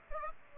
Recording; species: mosquito wingbeat signal from an infrared sensor; Aedes aegypti